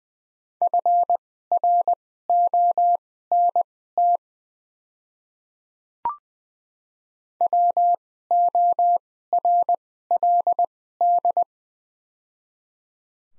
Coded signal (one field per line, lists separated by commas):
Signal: Morse code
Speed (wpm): 20 wpm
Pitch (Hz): 700 Hz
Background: none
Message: FRONT WORLD